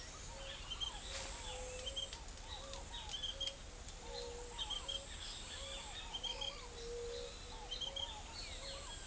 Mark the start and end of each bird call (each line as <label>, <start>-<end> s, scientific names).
Leptotila verreauxi, 0.26-9.07 s
Columbina squammata, 0.84-9.07 s
Atalotriccus pilaris, 6.26-6.67 s